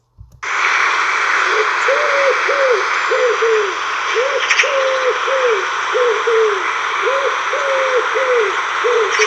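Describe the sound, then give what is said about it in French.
A wood pigeon coos its song, low hollow hooting notes in repeated phrases of three to five, steady and unhurried, over a constant bright hiss of background noise. “Et tout de suite, le chant du pigeon ramier.”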